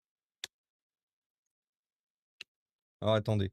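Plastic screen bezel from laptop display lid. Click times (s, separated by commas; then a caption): 0.4 s, 2.4 s. The plastic screen bezel of a Dell Inspiron 13 7391 laptop is pried off the display lid, and its clips pop open with two sharp clicks at 0.4 s and 2.4 s. Someone then talks. The bezel comes free, and its clips, which run all the way along, turn out to be broken.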